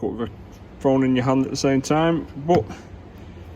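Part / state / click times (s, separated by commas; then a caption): headlight unit into car body / not seated / none. A headlight unit is being refitted into the car body of a Porsche 911 997 GT3 while someone talks over a low steady background hum. The part is handled but not yet twisted home by its plastic locking mechanism, so nothing has seated or clicked yet.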